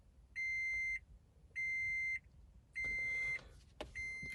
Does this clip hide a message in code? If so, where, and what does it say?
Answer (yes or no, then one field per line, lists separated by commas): no